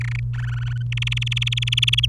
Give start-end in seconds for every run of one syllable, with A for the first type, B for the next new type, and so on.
0.01-0.20 A, 0.34-0.82 B, 0.92-2.06 C